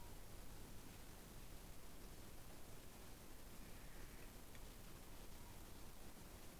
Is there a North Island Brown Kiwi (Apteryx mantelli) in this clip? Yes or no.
no